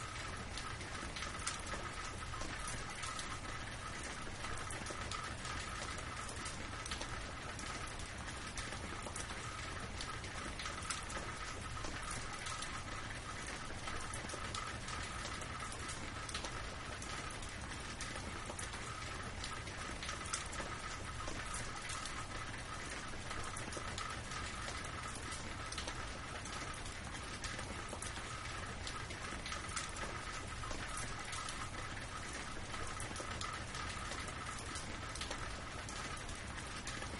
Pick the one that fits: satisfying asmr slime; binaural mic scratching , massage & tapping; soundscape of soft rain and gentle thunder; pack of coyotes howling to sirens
soundscape of soft rain and gentle thunder